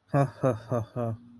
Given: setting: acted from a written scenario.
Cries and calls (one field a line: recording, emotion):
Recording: vocal sound without words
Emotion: embarrassment